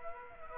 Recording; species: mosquito wingbeat signal from an infrared sensor; Aedes aegypti